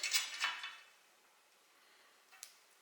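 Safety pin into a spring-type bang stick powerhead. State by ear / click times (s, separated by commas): seated / 2.4 s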